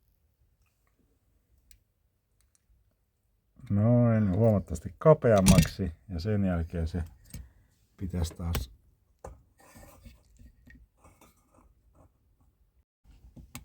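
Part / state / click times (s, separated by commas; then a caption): bearing retaining clip into ventilation fan motor housing / not seated / none. While replacing the fan motor bearings in a Vallox 145 heat-recovery ventilation unit, a bearing retaining clip is squeezed narrower and handled to be pushed back into the fan motor housing. Someone talks over a few faint handling clicks and taps. Nothing has seated or clicked into place yet.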